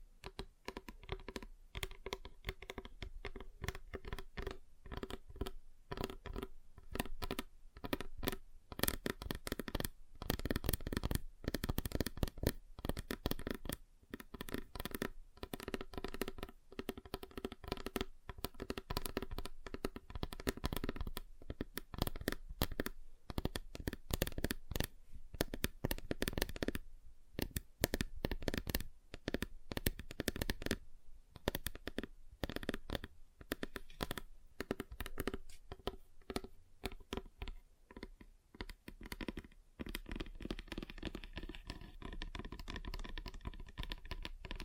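Fingers tap on a table across different surfaces in a fast, dense run of short knocks and clicks that barely pauses. The taps vary in brightness and weight as the surface changes, growing softer and sparser near the end, around forty seconds.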